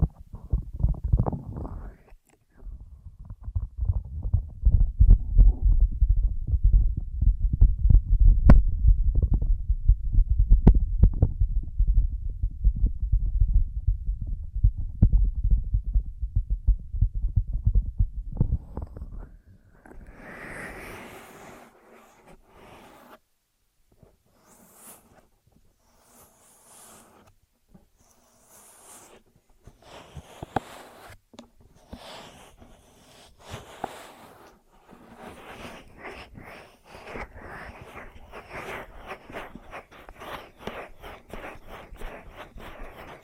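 Ear massage and cleaning sounds: for the first twenty seconds, dense, low, muffled rubbing and thumping fills the clip with quick irregular pulses. Afterward it turns quieter and brighter, with scattered crackles, scratchy strokes and brief rustling bursts recurring every second or two.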